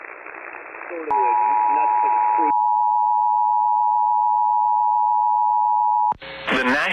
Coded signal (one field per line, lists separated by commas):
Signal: Emergency Alert System (SAME) tones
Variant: 853 and 960 Hz attention tone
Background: speech